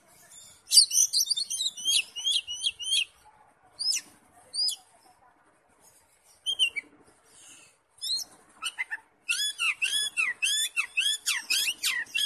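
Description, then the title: Oriental magpie-robin song, dense high chattering runs and scattered whistled notes, ending in a rapid sequence of sharp repeated notes. "Kacer"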